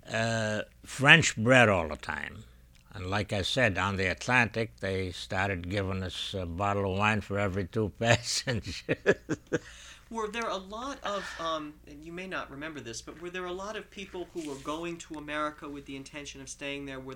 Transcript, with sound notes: Uh, French bread all the time and, like I said, on the Atlantic, they started giving us a bottle of wine for every two passengers. ( he laughs )
Were there a lot of, um, you may not remember this, but were there a lot of people who were going to America with the intention of staying there?